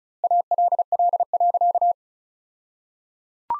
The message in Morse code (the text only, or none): ALL.